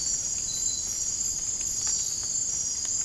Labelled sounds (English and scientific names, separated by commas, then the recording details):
none
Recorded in dense forest near Puerto Asís, Putumayo, Colombia, on 27 June 2025 at 00:30
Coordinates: 0.503, -76.323
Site G059